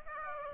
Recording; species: mosquito wingbeat signal from an infrared sensor; Aedes aegypti